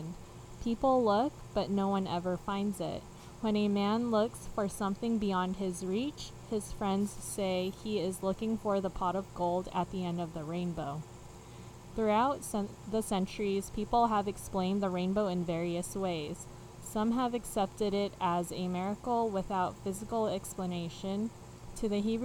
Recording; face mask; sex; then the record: reading aloud; none; female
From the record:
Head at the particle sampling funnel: facing it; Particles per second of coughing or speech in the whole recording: 0.54